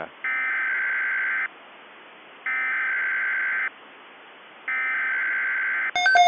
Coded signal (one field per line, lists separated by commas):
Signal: Emergency Alert System (SAME) tones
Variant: header bursts